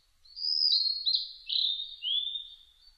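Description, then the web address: Blue-and-white flycatcher song, a flowing whistled phrase of linked slurred notes stepping gradually lower, lasting about two and a half seconds. Recorded 1 July 2006. "2006 060701 ooruri"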